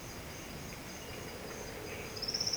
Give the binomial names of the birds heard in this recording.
none